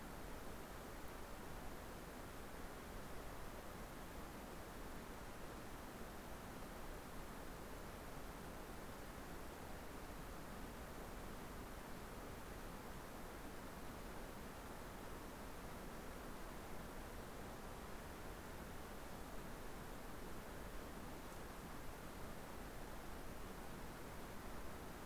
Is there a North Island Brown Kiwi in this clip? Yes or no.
no